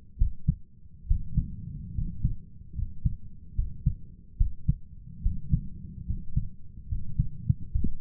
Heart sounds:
heart sounds by stethoscope; 72 bpm
0.17 s: heartbeat
1.06 s: heartbeat
1.94 s: heartbeat
2.74 s: heartbeat
3.54 s: heartbeat
4.36 s: heartbeat
5.21 s: heartbeat
6.05 s: heartbeat
6.87 s: heartbeat
7.71 s: heartbeat
From the record:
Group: healthy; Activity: rest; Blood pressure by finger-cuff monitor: 109/71 mmHg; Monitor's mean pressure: 81 mmHg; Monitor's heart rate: 73 bpm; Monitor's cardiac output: 6.4 L/min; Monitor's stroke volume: 87 mL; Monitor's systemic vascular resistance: 900 dyn s/cm5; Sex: male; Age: 23 years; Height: 178 cm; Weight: 96.6 kg

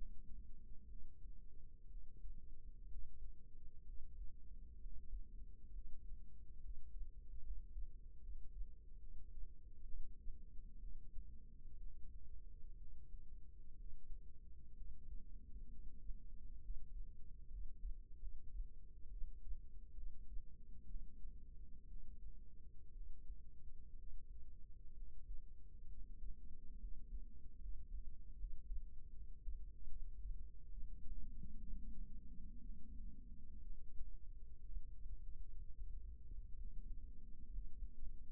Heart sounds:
heart sounds by microphone in the right ear; 66 bpm
0.87 s: heartbeat
1.87 s: heartbeat
2.86 s: heartbeat
3.83 s: heartbeat
4.78 s: heartbeat
5.70 s: heartbeat
6.60 s: heartbeat
7.41 s: heartbeat
8.18 s: heartbeat
8.98 s: heartbeat
9.83 s: heartbeat
10.78 s: heartbeat
11.76 s: heartbeat
12.75 s: heartbeat
13.74 s: heartbeat
14.72 s: heartbeat
15.67 s: heartbeat
16.59 s: heartbeat
17.48 s: heartbeat
18.17 s: heartbeat
19.08 s: heartbeat
19.92 s: heartbeat
20.85 s: heartbeat
21.86 s: heartbeat
22.91 s: heartbeat
23.94 s: heartbeat
24.92 s: heartbeat
25.87 s: heartbeat
26.76 s: heartbeat
27.58 s: heartbeat
28.35 s: heartbeat
29.10 s: heartbeat
29.86 s: heartbeat
30.67 s: heartbeat
31.57 s: heartbeat
32.60 s: heartbeat
33.60 s: heartbeat
34.59 s: heartbeat
35.57 s: heartbeat
36.54 s: heartbeat
37.48 s: heartbeat
From the record:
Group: healthy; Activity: rest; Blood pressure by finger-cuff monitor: 137/67 mmHg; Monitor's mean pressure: 90 mmHg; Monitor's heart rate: 63 bpm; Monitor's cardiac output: 6.2 L/min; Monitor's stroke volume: 97 mL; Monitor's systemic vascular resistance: 1060 dyn s/cm5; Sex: female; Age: 37 years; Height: 168 cm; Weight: 70 kg

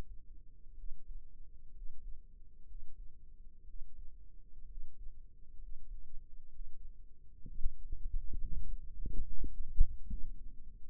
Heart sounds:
heart sounds by microphone in the right ear; 65 bpm
0.74 s: heartbeat
1.71 s: heartbeat
2.65 s: heartbeat
3.64 s: heartbeat
4.66 s: heartbeat
5.58 s: heartbeat
6.50 s: heartbeat
7.44 s: heartbeat
8.38 s: heartbeat
9.21 s: heartbeat
10.06 s: heartbeat
10.88 s: heartbeat
From the record:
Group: healthy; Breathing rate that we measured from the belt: 17 breaths a minute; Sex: male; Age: 22 years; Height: 181 cm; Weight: 79 kg

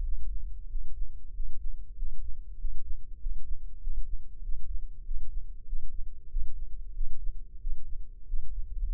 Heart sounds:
heart sounds by microphone in the left ear; 95 bpm
0.66 s: heartbeat
1.31 s: heartbeat
1.93 s: heartbeat
2.55 s: heartbeat
3.17 s: heartbeat
3.78 s: heartbeat
4.40 s: heartbeat
5.02 s: heartbeat
5.64 s: heartbeat
6.27 s: heartbeat
6.92 s: heartbeat
7.58 s: heartbeat
8.24 s: heartbeat
8.91 s: heartbeat
From the record:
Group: healthy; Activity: breath hold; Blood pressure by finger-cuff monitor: 87/62 mmHg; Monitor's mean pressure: 67 mmHg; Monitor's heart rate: 95 bpm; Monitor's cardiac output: 6.1 L/min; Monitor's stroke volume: 64 mL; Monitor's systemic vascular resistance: 770 dyn s/cm5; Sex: male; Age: 21 years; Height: 170 cm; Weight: 71 kg

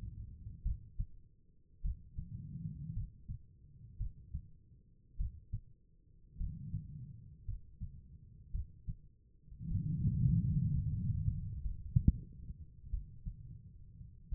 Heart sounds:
heart sounds by stethoscope; 53 bpm
0.63 s: heartbeat
1.82 s: heartbeat
2.94 s: heartbeat
3.98 s: heartbeat
5.17 s: heartbeat
6.38 s: heartbeat
7.45 s: heartbeat
8.52 s: heartbeat
9.68 s: heartbeat
10.71 s: heartbeat
11.62 s: heartbeat
12.90 s: heartbeat
14.29 s: heartbeat
From the record:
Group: healthy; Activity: rest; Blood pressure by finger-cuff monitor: 92/58 mmHg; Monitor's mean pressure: 68 mmHg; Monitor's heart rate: 52 bpm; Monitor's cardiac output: 4.3 L/min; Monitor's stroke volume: 81 mL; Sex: female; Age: 36 years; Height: 163 cm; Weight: 88 kg

